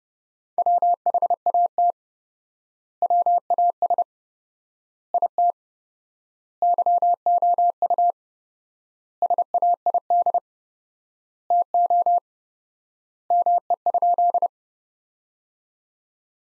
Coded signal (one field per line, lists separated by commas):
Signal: Morse code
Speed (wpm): 30 wpm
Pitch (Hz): 700 Hz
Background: none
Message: WHAT WAS IT YOU SAID TO ME?